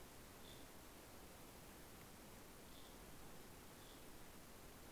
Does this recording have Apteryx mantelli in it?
no